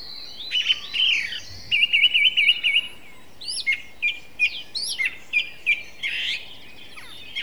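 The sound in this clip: Song thrush singing, one trilled phrase repeated several times, followed by a run of separate short whistled notes at a steady pace.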